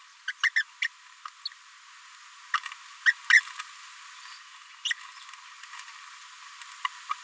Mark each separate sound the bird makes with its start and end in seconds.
0.28-0.32, 0.56-0.62, 0.82-0.87, 1.45-1.49, 2.54-2.57, 3.06-3.11, 3.33-3.40, 4.85-4.93, 6.85-6.87, 7.09-7.13